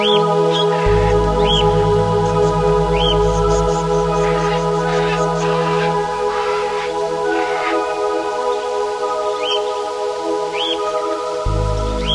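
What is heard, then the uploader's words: Amazon rainforest ambience, thick with a steady layered hum of insects holding many fixed pitches at once. Short rising bird chirps cut through every couple of seconds, and a low droning tone underneath shifts and drops out near the start and end. Sounds of the Amazon rainforest.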